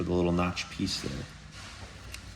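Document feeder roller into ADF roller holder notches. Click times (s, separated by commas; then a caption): 2.1 s. A plastic ADF feed roller is fitted into the small notches on its side of the roller holder in the document feeder of a Xerox VersaLink C7020-30 / C7120-30. Someone talks at the start, then a single sharp click at 2.1 s marks the roller snapping home, seated.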